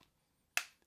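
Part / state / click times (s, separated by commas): smartphone coming out of a thin snap-on case / released / 0.6 s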